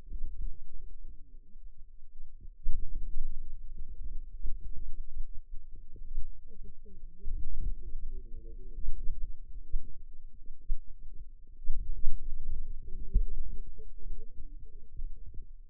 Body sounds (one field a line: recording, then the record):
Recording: forearm muscle sounds (acoustic myography)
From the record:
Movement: outward rotation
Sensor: system 2, bracelet of six BSWA MPA416 microphones around the upper forearm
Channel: 1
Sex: female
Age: 21 years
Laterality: right